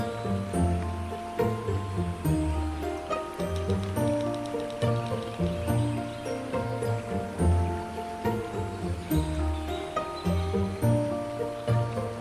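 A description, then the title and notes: Fantasy village music plays steadily, with low repeating bass notes, sustained chords and bright plucked tones over a soft washing, surf-like background. Fantasy Mushroom Village Music & Ambience.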